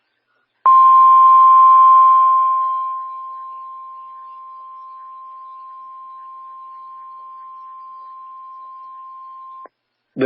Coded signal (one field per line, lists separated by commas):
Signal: Emergency Alert System (SAME) tones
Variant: 1050 Hz attention tone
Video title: Fire Warning on WXK38 (2/27/2024) (EAS #2853)